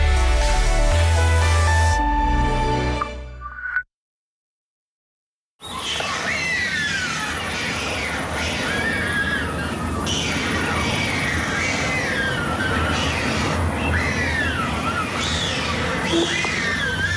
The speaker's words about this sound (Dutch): maakte deze opname in het Belgische Damme, waar zij jonge ooievaars hoort jengelen en miauwen. Waarschijnlijk om aandacht, lees voedsel, van hun ouders.